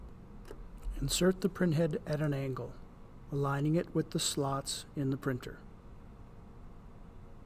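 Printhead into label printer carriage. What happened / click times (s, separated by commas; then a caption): Printhead set into its slots without seating / none. A plastic printhead is inserted at an angle into the carriage of an Afinia L901 label printer and lined up with the printer's slots, ready to be tilted back to snap into place. Someone talks through most of the clip over a low background hum. Nothing has seated or clicked yet.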